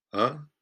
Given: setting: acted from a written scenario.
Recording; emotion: vocal sound without words; positive surprise